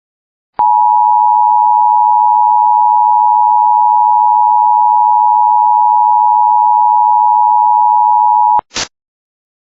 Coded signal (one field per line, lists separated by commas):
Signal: Emergency Alert System (SAME) tones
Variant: 853 and 960 Hz attention tone